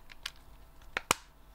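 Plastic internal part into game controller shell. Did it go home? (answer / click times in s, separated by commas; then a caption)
yes / 1.0 s, 1.1 s. While a Switch Pro controller is being reassembled with a custom shell, a small plastic internal part is pressed into place in the shell. After two faint ticks near 0.1 and 0.3 s, two sharp clicks sound at 1.0 and 1.1 s. The part clips in and is held firmly.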